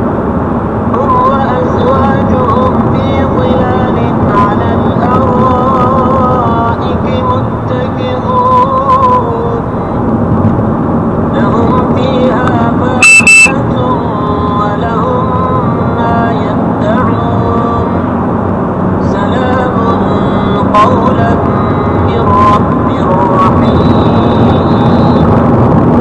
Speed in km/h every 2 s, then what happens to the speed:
75, 74, 71, 74, 78, 77, 86, 93, 95, 96, 98, 101, 102.
0-5 steady at about 74. 5-26 speeds up to 102.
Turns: none.